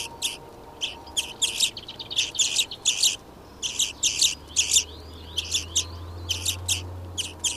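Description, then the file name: European greenfinch giving bright, chattering chirps in uneven series. "Chloris chloris"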